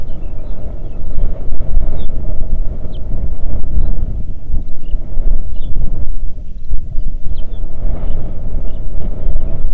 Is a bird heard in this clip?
yes